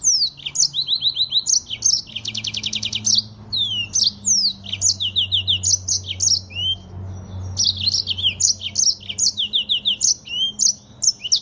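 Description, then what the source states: Streaked spiderhunter singing a fast, continuous stream of high chips and slurred notes, with a dense buzzy trill early on, over a faint low hum. Tutor (masteran) recording for cage birds; vigorous (gacor), clear, long song.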